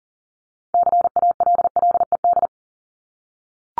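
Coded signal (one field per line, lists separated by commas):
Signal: Morse code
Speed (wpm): 40 wpm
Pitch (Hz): 700 Hz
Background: none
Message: CALLED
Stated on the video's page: Head-copy drill of the top 100 words ending in ED and their root words at 40 wpm; each word sent, spoken, then sent again.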